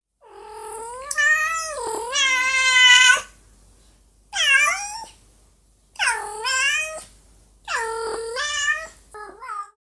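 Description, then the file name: Cat meowing: four wavering meows, the first one long, separated by brief pauses, then a short final mew. "chat"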